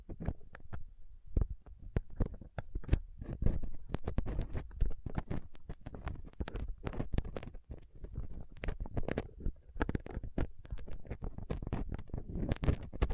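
Rough scratching and picking at a microphone with a dental pick, tweezers and a cotton swab. Dense, irregular clicks and scrapes run the whole time, some sharp and bright, others dull thumps with a rumbling low end, with brief quieter gaps around two seconds.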